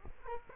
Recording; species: mosquito wingbeat signal from an infrared sensor; Culex quinquefasciatus